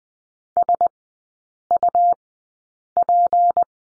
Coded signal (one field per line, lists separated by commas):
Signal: Morse code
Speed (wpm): 20 wpm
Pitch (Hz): 700 Hz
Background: none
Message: SUP